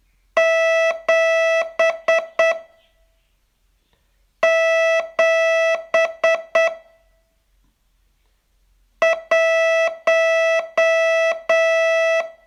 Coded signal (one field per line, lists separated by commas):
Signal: Morse code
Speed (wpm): 8 wpm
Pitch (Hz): 660 Hz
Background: none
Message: 7 7 1